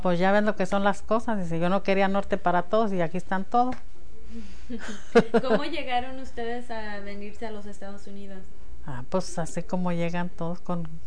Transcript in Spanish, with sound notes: “Pues ya ves lo que son las cosas”, dice, “yo no quería norte para todos y aquí están todos”. (risas)
¿Cómo llegaron ustedes a venirse a los Estados Unidos?
Ah, pues así como llegan todos, con,